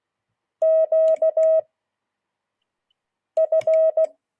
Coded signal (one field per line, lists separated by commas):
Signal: Morse code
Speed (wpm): 16 wpm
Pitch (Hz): 640 Hz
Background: none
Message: QF